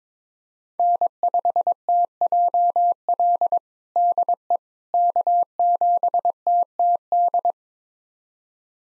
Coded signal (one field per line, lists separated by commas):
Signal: Morse code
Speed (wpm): 22 wpm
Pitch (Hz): 700 Hz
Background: none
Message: N5TJL DE K7TTD